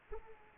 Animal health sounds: mosquito wingbeat signal from an infrared sensor; Aedes aegypti

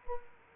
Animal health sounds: mosquito wingbeat signal from an infrared sensor; Culex quinquefasciatus

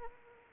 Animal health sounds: mosquito wingbeat signal from an infrared sensor; Anopheles arabiensis

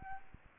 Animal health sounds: mosquito wingbeat signal from an infrared sensor; Aedes albopictus

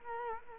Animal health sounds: mosquito wingbeat signal from an infrared sensor; Culex quinquefasciatus

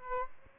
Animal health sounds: mosquito wingbeat signal from an infrared sensor; Aedes albopictus

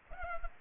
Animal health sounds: mosquito wingbeat signal from an infrared sensor; Culex pipiens

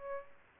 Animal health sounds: mosquito wingbeat signal from an infrared sensor; Aedes aegypti

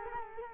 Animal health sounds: mosquito wingbeat signal from an infrared sensor; Culex quinquefasciatus

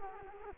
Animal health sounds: mosquito wingbeat signal from an infrared sensor; Culex quinquefasciatus

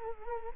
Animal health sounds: mosquito wingbeat signal from an infrared sensor; Culex quinquefasciatus

